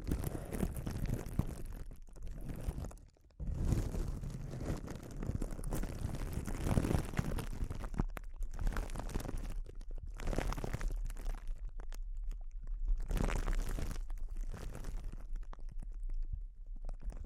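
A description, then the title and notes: Soft crinkling fills most of the recording, with dense rustling bursts that swell and thin out in uneven waves. A brief near-silent gap comes around three seconds in, and a low steady rumble sits underneath from about eight seconds onward. ASMR Sensitive Crinkles (No Talking).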